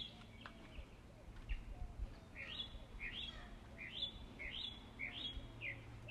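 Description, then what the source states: Birds chirping with short rising notes repeated several times, bright and clear above a low background hum. Birds singing in the morning.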